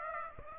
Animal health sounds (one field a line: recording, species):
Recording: mosquito wingbeat signal from an infrared sensor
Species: Aedes aegypti